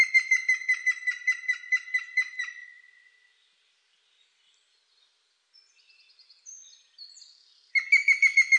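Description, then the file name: Grey-headed woodpecker calling a rapid run of ringing, evenly spaced notes that weaken and trail off, a few faint high chirps in the gap, then another series begins. "dzieciolzielonosiwy"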